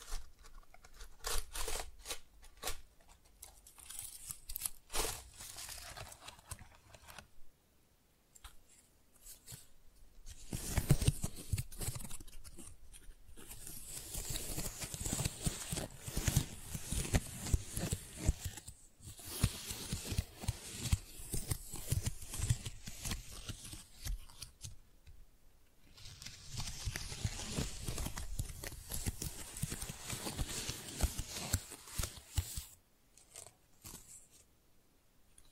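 Crisp, crackly handling of flowers, with dense rustling, snipping and crunching textures that reach into the bright top end. Sparse clicks open the clip, then a quiet pause near 8 seconds gives way to long busy stretches, broken by another brief lull around 25 seconds.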